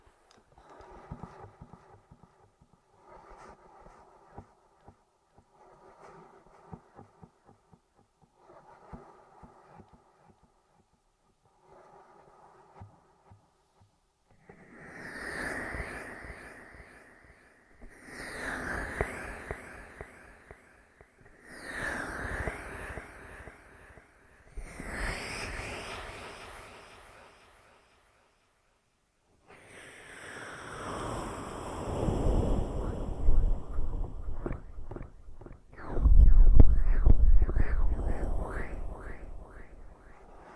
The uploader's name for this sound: Ear Massage